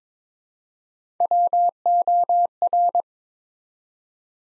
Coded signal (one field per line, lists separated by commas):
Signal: Morse code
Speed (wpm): 22 wpm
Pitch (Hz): 700 Hz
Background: none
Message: WOR